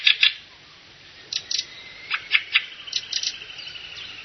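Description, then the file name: Fieldfare calls: two quick harsh notes at the start, then scattered dry chacks over a thin steady high tone. "kramsvogel"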